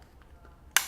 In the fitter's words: push down. It's a solid click.